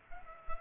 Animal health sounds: mosquito wingbeat signal from an infrared sensor; Culex pipiens

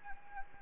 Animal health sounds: mosquito wingbeat signal from an infrared sensor; Anopheles gambiae

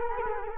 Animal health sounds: mosquito wingbeat signal from an infrared sensor; Culex quinquefasciatus

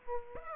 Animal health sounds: mosquito wingbeat signal from an infrared sensor; Aedes aegypti

